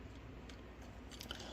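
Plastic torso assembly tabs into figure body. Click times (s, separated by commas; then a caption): 1.2 s, 1.3 s. The plastic torso assembly of a Transformers Studio Series 86 #17 Voyager Class Ironhide figure is pushed together into the figure's body. Quiet handling and a faint tap near 0.5 s lead to two sharp, small plastic clicks at 1.2 s and 1.3 s. The torso tabs lock in place and the assembly is seated.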